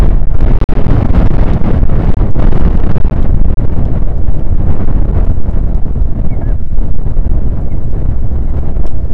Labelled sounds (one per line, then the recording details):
wind
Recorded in the Prudhoe Bay oil fields, Alaska, on 1 August 2019 at 02:02
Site 29